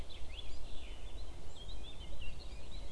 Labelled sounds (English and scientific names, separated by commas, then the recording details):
Eurasian Blackcap (Sylvia atricapilla)
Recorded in Germany
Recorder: ecoPi